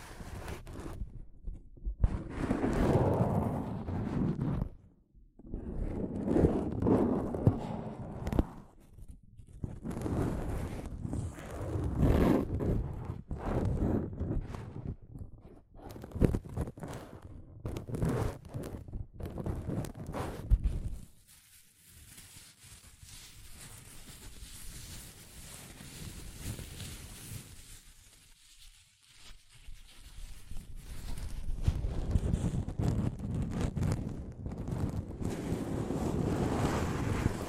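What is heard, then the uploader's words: Soft fabric brushes against a microphone in close, muffled bursts of rustling for twenty seconds, then a quieter stretch before steady brushing resumes. ASMR Mic Brushing using Soft Fabric (No Talking).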